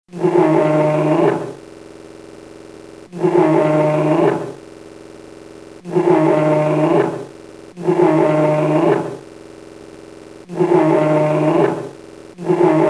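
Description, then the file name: Polar bear giving repeated rough, groaning roars: several similar bursts roughly every two to three seconds, each lasting over a second, with a low hum in the pauses. Captive animal at a zoo. "Polar Bear-Assiniboine Zoo"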